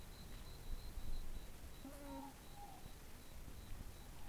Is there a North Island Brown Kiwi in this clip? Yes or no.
no